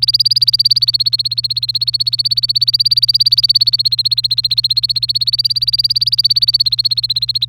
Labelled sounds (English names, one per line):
Domestic Canary song